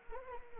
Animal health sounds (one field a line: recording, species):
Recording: mosquito wingbeat signal from an infrared sensor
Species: Anopheles arabiensis